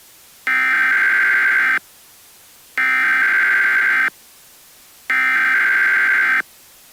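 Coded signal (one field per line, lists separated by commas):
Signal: Emergency Alert System (SAME) tones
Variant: header bursts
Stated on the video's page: Fictional EAS scenario made for Halloween, not a real alert.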